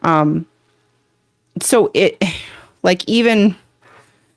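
A plastic building brick is pressed down onto a model from an alternate brick brand, but it fails to go down. Someone talks throughout, and nothing has seated or clicked yet.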